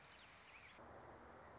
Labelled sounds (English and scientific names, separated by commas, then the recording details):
Orange-crowned Warbler (Leiothlypis celata)
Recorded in Sonoma County, California